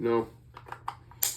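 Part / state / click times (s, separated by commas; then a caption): detachable rifle magazine into bolt-action rifle magazine well / seated / 1.2 s. A rotary-style detachable rifle magazine is inserted into the magazine well of a Ruger American Ranch bolt-action rifle in .450 Bushmaster. Someone talks at the start, then a few light scraping taps follow as it goes in. A sharp, positive click at 1.2 s shows it has seated.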